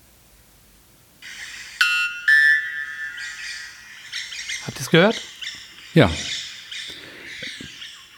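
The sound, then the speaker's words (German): A South American rainforest bird calls loudly with harsh, buzzy squawks and high whistled notes, then two sharp descending shrieks; people briefly speak over it. “Das ist ein Vogel aus dem südamerikanischen Regenwald.”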